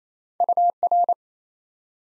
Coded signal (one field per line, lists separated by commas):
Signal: Morse code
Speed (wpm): 28 wpm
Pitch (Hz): 700 Hz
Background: none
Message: UR